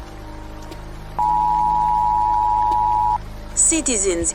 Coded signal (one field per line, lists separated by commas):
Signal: Emergency Alert System (SAME) tones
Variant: 853 and 960 Hz attention tone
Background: speech, music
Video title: WW3 begins in RUSSIA | Fictional Radio Broadcast Experience | EAS